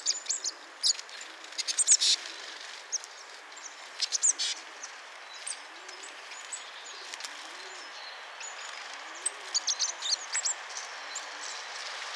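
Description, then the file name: Eurasian blue tit calls: high, thin chips and short bursts coming in irregular clusters, over a constant hiss. "Cyanistes caeruleus"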